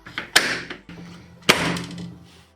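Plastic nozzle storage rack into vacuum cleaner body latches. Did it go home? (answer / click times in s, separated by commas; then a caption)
yes / 0.4 s, 1.5 s. A plastic nozzle storage rack is forced onto the body of a Deerma DEM BY700 washing vacuum cleaner, pushed hard because its latches are stiff. After a few light knocks, sharp snaps ring out at 0.4 s and 1.5 s as the latches click home and the rack is seated.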